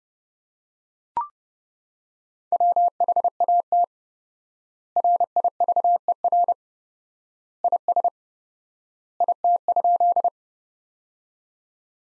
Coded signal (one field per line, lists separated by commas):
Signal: Morse code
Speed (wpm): 30 wpm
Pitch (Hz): 700 Hz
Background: none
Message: WHAT RIVER IS IT?